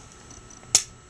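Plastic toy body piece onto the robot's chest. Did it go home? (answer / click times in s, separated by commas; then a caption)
yes / 0.8 s. The whole leg-and-hull piece of a plastic transforming robot toy (Transformers Voyager Seaspray) is rotated up onto the robot's chest. It doesn't lock, but it clicks into place with a single sharp click at 0.8 s over a quiet background, and the piece is seated.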